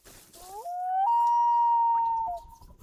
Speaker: That's one of our loons calling just off the bow of our canoe.